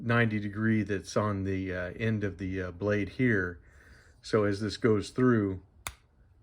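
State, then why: Seated. Someone talks while closing the blade of a folding pocketknife until its square 90-degree tang meets the backspring at the half-stop position. A single sharp snap sounds at 5.9 s as the blade seats firmly in the half stop and holds strongly.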